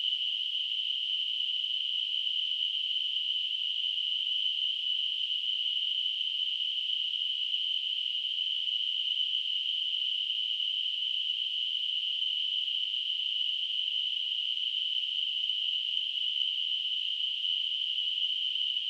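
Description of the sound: A simulated tinnitus sound: a steady, unchanging high-pitched narrow-band hiss centred near 3 kHz, with fainter noise spreading from about 2 to 8 kHz and no low-frequency content.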